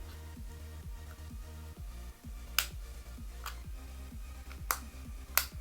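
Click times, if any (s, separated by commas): 2.6 s, 4.7 s, 5.4 s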